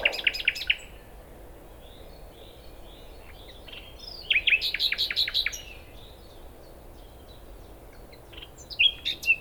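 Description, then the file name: Common nightingale song: short bursts of quick, sharp repeated notes separated by quiet gaps, with faint twittering in between. "Luscinia megarhynchos"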